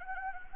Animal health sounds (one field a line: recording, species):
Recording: mosquito wingbeat signal from an infrared sensor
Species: Anopheles gambiae